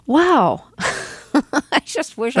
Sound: soundbite of laughter

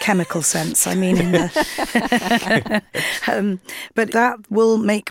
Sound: laughter

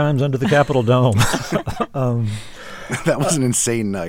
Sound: laughter

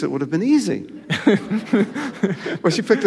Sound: laughter

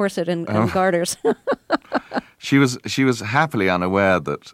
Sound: laughter

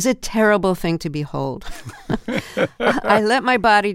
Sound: laughter

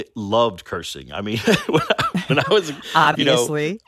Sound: laughter

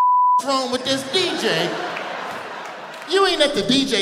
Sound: laughter

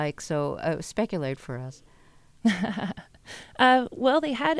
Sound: laughter

